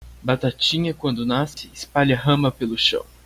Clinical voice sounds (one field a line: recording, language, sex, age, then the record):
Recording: short text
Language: Brazilian Portuguese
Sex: male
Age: 30 to 39 years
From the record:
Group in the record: control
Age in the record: 31 years